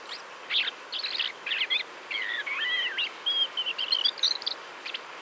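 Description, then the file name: Common blackbird with a few sharp chips, then a flowing run of fluted, wavering whistles and a thin high twitter at the close. "Turdus merula"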